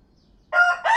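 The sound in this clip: Chicken: rooster crowing begins after a silent half second, two loud harmonic syllables cut off abruptly at the end.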